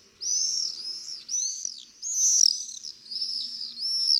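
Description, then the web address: Common swift screaming: a run of piercing, slurred high screams in bursts of roughly half a second each, with brief pauses between them. "rondone"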